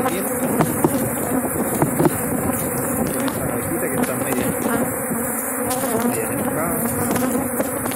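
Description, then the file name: Honey bees buzzing in a dense, steady drone with a low hum and its overtone, continuous throughout with small rises in intensity. Aggressive honey bees inside the hive. "Abejas agresivas"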